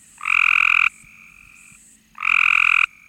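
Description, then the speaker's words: Cope's gray tree frog call: two loud, harsh buzzy trills about three-quarters of a second long, separated by a pause of over a second, with faint quieter tones between them. North American tree frog call, compared with a mockingbird's imitation of it. "Here's the call of a Cope's gray tree frog."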